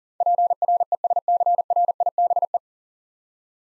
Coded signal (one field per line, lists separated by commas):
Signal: Morse code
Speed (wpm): 40 wpm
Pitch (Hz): 700 Hz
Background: none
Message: PRESCRIBE